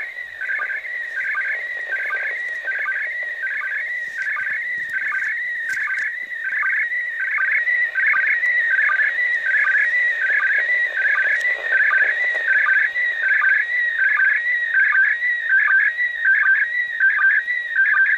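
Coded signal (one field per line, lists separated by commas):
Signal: SSTV (slow-scan television)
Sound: warbling, chirping tone with a steady rhythmic low blip several times a second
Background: radio static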